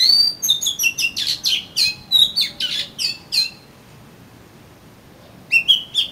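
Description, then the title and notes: Oriental magpie-robin song: a fast, varied stream of high whistles and scratchy notes for several seconds, a pause, then a few rising whistles. "suara kacer. kumpulan suara burung kacer"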